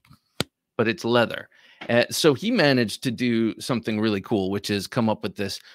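A knife blade is pushed into a formed, taco-style folded leather sheath with retention, held up close to the microphone, and seats with a sharp snap at 0.4 s that sounds just like a Kydex sheath. Faint ticks come just before it, then someone talks.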